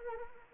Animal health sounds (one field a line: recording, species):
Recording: mosquito wingbeat signal from an infrared sensor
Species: Anopheles arabiensis